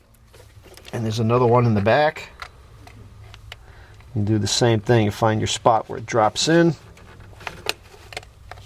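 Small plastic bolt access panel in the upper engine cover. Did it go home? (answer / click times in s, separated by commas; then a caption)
released / 7.7 s. On the upper engine cover of a full-size Range Rover L322, during spark plug service, a small screwdriver is slid into the slot of a small plastic bolt access panel for the valve cover bolts and levered. Someone talks, and amid light scraping and ticking, a sharp click at 7.7 s marks the panel popping out free.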